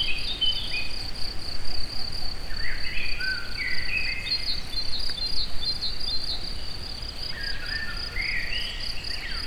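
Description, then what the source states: Cricket chirping in a steady, fine-pulsed high trill, joined by occasional short whistled and slurred bird calls over a soft rumbling background. Recorded in nature at the forest edge near the Eger tourist house, among various animal sounds.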